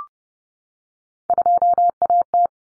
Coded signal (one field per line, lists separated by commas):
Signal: Morse code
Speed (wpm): 30 wpm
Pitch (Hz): 700 Hz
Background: none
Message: 2AT